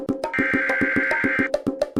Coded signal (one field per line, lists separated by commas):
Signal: Emergency Alert System (SAME) tones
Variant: header bursts